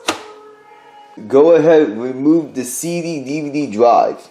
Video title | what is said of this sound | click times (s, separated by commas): How to Install the HDD/SSD on PC | and push it in until it snaps in place | 0.1 s